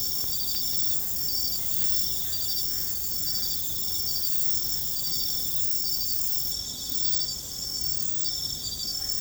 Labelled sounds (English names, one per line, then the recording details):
none
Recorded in secondary vegetation near Puerto Asís, Putumayo, Colombia, on 22 December 2024 at 23:00
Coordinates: 0.468, -76.324
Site G095